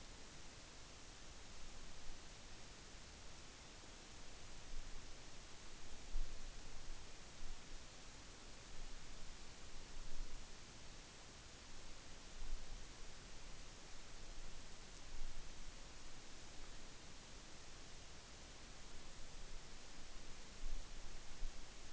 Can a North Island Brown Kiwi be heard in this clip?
no